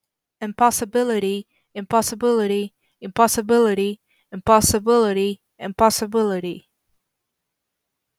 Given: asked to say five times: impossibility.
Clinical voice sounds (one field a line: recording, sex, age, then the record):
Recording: repeated word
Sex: female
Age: 20 to 29 years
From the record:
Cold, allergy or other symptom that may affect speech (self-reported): no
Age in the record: 28 years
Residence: New York, United States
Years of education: 13